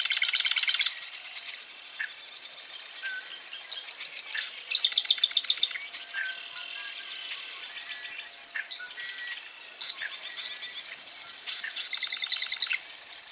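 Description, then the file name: Marsh Wren song: a few short, rapid buzzy trills several seconds apart, with other birds chattering and chirping throughout. Eastern Marsh Wren; male; recorded at a lake in Nebraska, United States. "Nebraska 3 Eastern-male-at-Pony-Lake"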